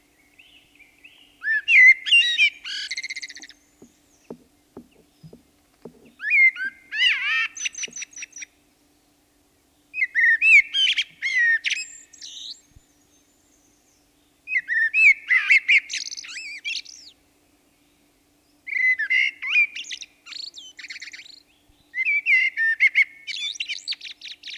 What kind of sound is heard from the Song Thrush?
song